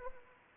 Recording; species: mosquito wingbeat signal from an infrared sensor; Anopheles arabiensis